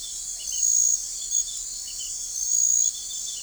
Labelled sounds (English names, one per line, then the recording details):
none
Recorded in forest near Pivijay, Magdalena, Colombia, on 1 June 2023 at 02:00
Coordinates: 10.467, -74.380
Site Z5-G034